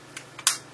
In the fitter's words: up kind of Leverage it up you'll hear a snap